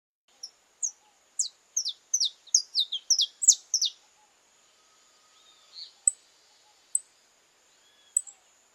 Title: Canto Do Canário Belga Puro